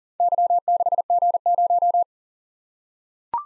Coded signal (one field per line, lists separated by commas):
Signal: Morse code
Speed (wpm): 39 wpm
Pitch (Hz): 700 Hz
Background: none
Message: Y6G0